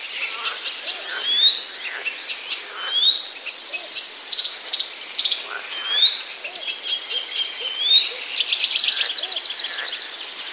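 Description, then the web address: Blyth's reed warbler song: unhurried phrases of upslurred whistles, dry clicks and short buzzy rattles, each phrase repeated, with faint low calls beneath. "wroblowe kolekcja acrocephalus dumetorum"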